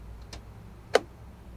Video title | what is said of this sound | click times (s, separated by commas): Fiat 500 ELÉTRICO: é BONITINHO, ANDA BEM, mas é MELHOR QUE O MINI COOPER e o BYD DOLPHIN? | abertura você consegue abrir ela aqui de maneira manual na porta Dá até para ouvir O Clique ali ó então | 0.9 s